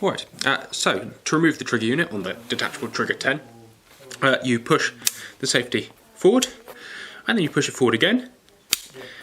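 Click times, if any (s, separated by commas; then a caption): 8.7 s. Someone talks while pushing the safety catch forward on a Beretta DT10 shotgun to remove its detachable trigger unit. A sharp click at 8.7 s marks the safety clicking off, which frees the trigger unit for release.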